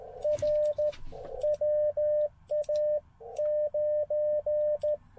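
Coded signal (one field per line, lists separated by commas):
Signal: Morse code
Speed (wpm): 13 wpm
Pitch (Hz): 600 Hz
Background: none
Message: R WA9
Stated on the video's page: Slow QRS CW at 13 WPM during a POTA park activation, offered as Morse practice.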